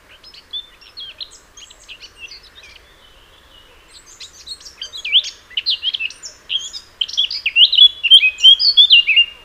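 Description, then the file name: Eurasian blackcap song: a long, soft, twittering warble that gradually grows louder and ends in clear fluting whistles. "Sylvia atricapilla"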